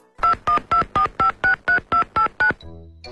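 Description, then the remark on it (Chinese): A mobile phone number being dialed to call someone's uncle: ten short, evenly spaced keypad beeps in quick succession, each a steady two-tone chirp, followed by a faint click and low hum. “李景没把他老叔的手机给我们呢？ 给我了，我先打一个。”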